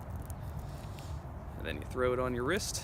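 Someone pinches the push-button sides of the steel deployant clasp on an Omega Seamaster NZL-32 watch bracelet, and it springs open with a light click at 0.3 s against a low background rumble. The clasp is released, and afterward someone talks.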